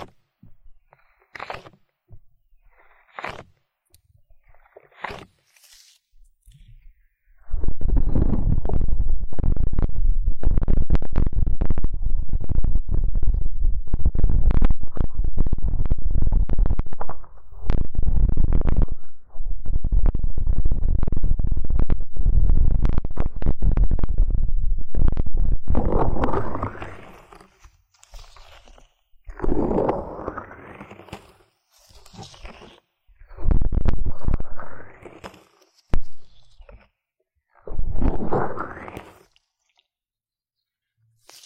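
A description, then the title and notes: Muffled ear-cleaning and massage sounds: a few soft taps and scratches at first, then from about 7 to 27 seconds a dense, loud rubbing that is deep and rumbling. After that come separate slower swishes and brushing strokes with quiet gaps between them. High-frequency trigger sound, strong numbing and stress-relieving ear cleaning massage.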